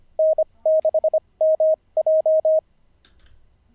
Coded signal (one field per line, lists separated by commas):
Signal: Morse code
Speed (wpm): 25 wpm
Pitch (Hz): 630 Hz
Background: none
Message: N6MJ